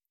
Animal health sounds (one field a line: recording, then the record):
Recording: hydrophone in a shrimp aquaculture tank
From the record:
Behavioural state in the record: stressed